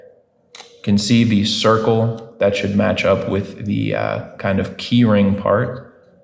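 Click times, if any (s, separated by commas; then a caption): none. The inner battery and circuit housing of an Overhead Door O3T-A garage remote is set back into its plastic shell and lined up with the key-ring hole, with brief handling taps near 0.6 seconds while someone talks. The piece has not been pressed home, and nothing has seated or clicked yet.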